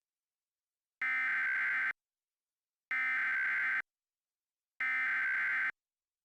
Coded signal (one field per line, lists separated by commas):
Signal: Emergency Alert System (SAME) tones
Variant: header bursts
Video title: EAS Scenario - "Us"